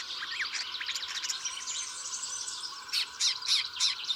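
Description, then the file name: Woodchat shrike singing a rapid, scratchy warble of squeaky twitters, ending in several harsher buzzy bursts, with a constant background hiss. "woodchat shrike omkicau"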